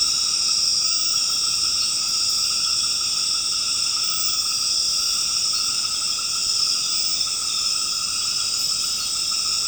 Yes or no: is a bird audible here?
no